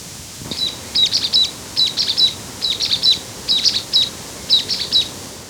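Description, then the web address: Brown-backed chat-tyrant calls: clusters of thin, high, sharp notes in quick groups, repeated about once a second. Recorded in Ecuador. "Birds of Ecuador 3-07 Brown-Backed Chat-Tyrant"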